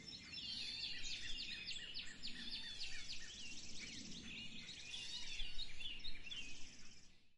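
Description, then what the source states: Birds twittering together, a busy mix of high chirps, trills and short whistles overlapping throughout, with a low rumble underneath. In spring.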